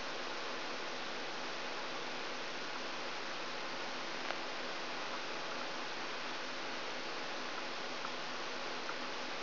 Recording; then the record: brain microelectrode recording played as sound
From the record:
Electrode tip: outside the subthalamic nucleus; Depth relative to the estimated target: 0 mm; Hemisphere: left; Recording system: AlphaMap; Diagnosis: Parkinson's disease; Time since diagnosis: 10 years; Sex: male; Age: 47 years